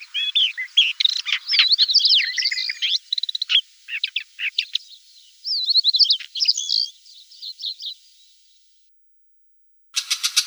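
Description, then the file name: Brown shrike singing a varied, scratchy warbling song of squeaky whistles and chattering notes, pausing before a final harsh rattle. "ZHulan sibirskij"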